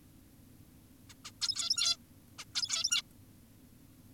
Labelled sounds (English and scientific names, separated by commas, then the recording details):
Zebra Finch (Taeniopygia guttata)
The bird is an adult
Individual g17y2U